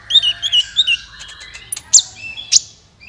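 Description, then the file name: Van Hasselt's Sunbird song: a short series of warbled high notes followed by two loud, sharp chips. "suara kolibri ninja"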